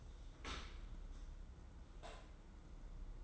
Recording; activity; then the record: daily activity, microphone in the room; open dishwasher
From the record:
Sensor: 3